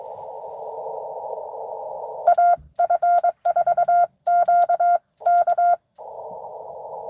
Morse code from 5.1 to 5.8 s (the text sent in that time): K